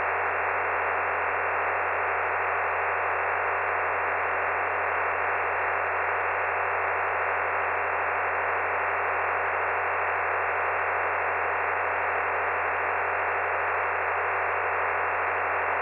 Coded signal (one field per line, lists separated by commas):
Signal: digital SSTV (DRM)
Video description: digital slow scan television picture exchange on the 146.700 MHz Ferny Creek NBFM repeater